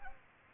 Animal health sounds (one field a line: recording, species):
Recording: mosquito wingbeat signal from an infrared sensor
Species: Culex pipiens